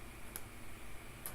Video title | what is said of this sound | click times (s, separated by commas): Lamy: Nib, Feed and Converter | it's gone so I have the tiny just the tiniest little click | 0.4 s